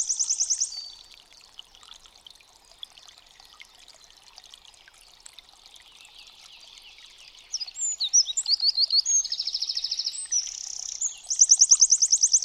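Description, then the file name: Eurasian wren song: brief high phrase at the start, a quiet stretch of faint chirps, then a loud run of rapid trills and sharp notes building to a final rattle. "STRZYZYK"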